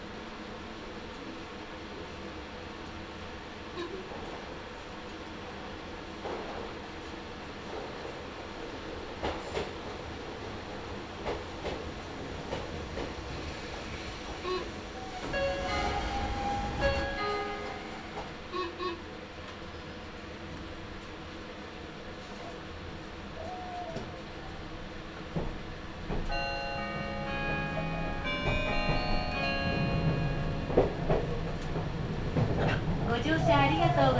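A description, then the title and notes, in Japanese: A Meitetsu Toyokawa Line limited express rides from Toyokawa-Inari toward Kō, with a steady low rumble and scattered clicks from the wheels. The noise swells around the middle, and after about 26 seconds a stepped, whining motor tone rises over the running noise. 名古屋鉄道 豊川線 特急 豊川稲荷→国府。朝２本だけ走っている特急列車に乗ってみました。とはいえ各駅に停まって国府まで進むのでゆっくりです。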